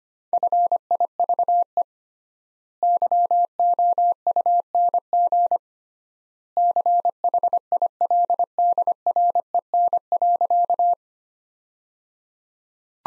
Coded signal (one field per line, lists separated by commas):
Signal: Morse code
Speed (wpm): 25 wpm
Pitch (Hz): 700 Hz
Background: none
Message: FIVE YOUNG CHILDREN.